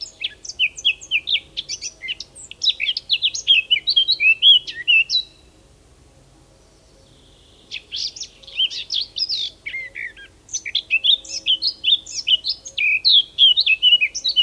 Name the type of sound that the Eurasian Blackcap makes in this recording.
song